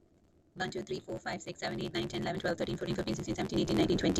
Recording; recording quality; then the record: counting at a fast pace; excellent, no background noise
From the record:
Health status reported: healthy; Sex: female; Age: 33 years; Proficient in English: yes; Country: India